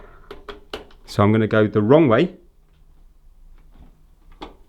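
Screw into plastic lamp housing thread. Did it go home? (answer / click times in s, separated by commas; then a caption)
yes / 4.4 s. Someone talks while a screw is turned counter-clockwise in the plastic housing of a HANGSUN IL80 infrared halogen heat lamp, with a few faint ticks near the start. A single click at 4.4 s shows the screw has seated: its thread start has dropped into the existing thread, so it can be tightened without cutting a new thread.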